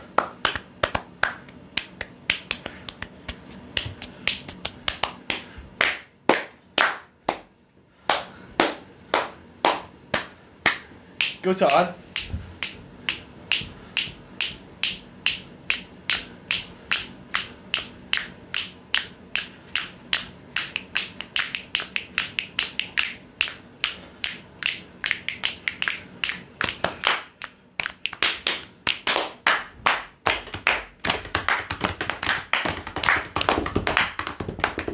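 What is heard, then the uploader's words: Sharp claps and snaps repeat in a quick, fairly regular rhythm throughout, with a brief pause near eight seconds. The hits are crisp and bright, joined by other knocks and a short voiced sound around twelve seconds, growing denser toward the end. Musical/rhythmic noises featuring claps, snaps, and various other noises.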